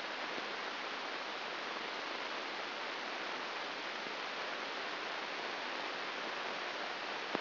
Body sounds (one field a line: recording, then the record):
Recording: brain microelectrode recording played as sound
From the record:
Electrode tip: inside the subthalamic nucleus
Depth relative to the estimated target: 1 mm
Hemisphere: left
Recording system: AlphaMap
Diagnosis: Parkinson's disease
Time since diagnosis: 9 years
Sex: male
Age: 68 years